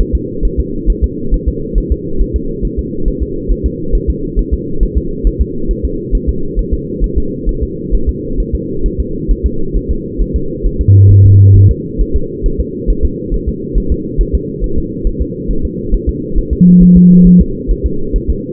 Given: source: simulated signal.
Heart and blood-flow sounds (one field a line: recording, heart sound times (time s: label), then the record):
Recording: fetal heart sounds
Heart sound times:
0.01 s: S1
0.15 s: S2
0.45 s: S1
0.60 s: S2
0.90 s: S1
1.04 s: S2
1.34 s: S1
1.48 s: S2
1.78 s: S1
1.92 s: S2
2.21 s: S1
2.36 s: S2
2.65 s: S1
2.79 s: S2
3.08 s: S1
3.23 s: S2
3.52 s: S1
3.66 s: S2
3.95 s: S1
4.10 s: S2
4.39 s: S1
4.54 s: S2
4.83 s: S1
4.98 s: S2
5.27 s: S1
5.41 s: S2
5.71 s: S1
5.85 s: S2
6.15 s: S1
6.29 s: S2
6.59 s: S1
6.74 s: S2
7.04 s: S1
7.18 s: S2
7.49 s: S1
7.63 s: S2
7.95 s: S1
8.09 s: S2
8.40 s: S1
8.55 s: S2
8.86 s: S1
9.00 s: S2
9.31 s: S1
9.46 s: S2
9.77 s: S1
9.91 s: S2
10.21 s: S1
10.36 s: S2
10.66 s: S1
10.81 s: S2
11.12 s: S1
11.26 s: S2
11.57 s: S1
11.71 s: S2
12.01 s: S1
12.16 s: S2
12.46 s: S1
12.60 s: S2
12.90 s: S1
13.05 s: S2
13.34 s: S1
13.49 s: S2
13.78 s: S1
13.92 s: S2
14.21 s: S1
14.35 s: S2
14.64 s: S1
14.78 s: S2
15.07 s: S1
15.22 s: S2
15.51 s: S1
15.65 s: S2
15.94 s: S1
16.09 s: S2
16.38 s: S1
16.53 s: S2
16.83 s: S1
16.97 s: S2
17.27 s: S1
17.41 s: S2
17.71 s: S1
17.86 s: S2
18.16 s: S1
18.30 s: S2
From the record:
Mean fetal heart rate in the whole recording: 135 bpm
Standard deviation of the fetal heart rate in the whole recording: 3 bpm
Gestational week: 36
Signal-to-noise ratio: -8.1 dB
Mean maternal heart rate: 72 bpm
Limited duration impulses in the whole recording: present